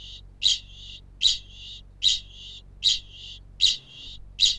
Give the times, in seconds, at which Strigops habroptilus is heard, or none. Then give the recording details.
0.02-4.59. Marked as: faintness 1/5. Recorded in New Zealand. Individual Felix